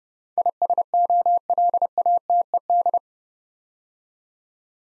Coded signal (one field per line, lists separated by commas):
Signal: Morse code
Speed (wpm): 30 wpm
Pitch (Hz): 700 Hz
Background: none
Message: ISOLATED